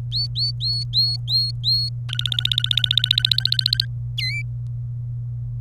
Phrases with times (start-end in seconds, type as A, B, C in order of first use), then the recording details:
0.12-1.89 A, 2.09-3.85 B, 4.17-4.42 C. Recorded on 27 April 2018 at 14:12. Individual llb3